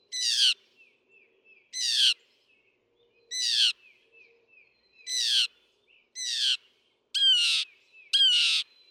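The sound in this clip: Northern mockingbird song: loud harsh downslurred notes repeated roughly every one and a half seconds, ending in quicker phrases.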